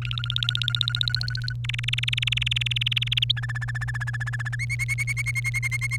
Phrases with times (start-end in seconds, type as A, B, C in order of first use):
0.02-1.53 A, 1.64-3.24 B, 3.29-4.56 C, 4.59-5.97 D